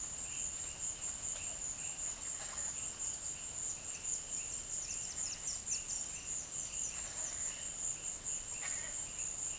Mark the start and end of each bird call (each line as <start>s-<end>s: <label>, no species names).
4.01s-7.28s: bird call